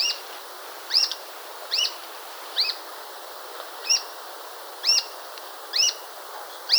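Bird calling with sharp, hooked chirps repeated roughly once a second, about eight in all, over steady low hiss.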